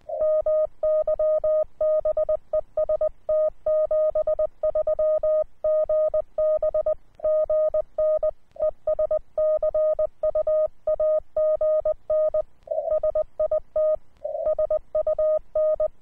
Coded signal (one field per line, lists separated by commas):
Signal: Morse code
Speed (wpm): 20 wpm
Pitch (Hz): 620 Hz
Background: none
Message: MY BEST 73 GB GN ES CUAGN SIT SUN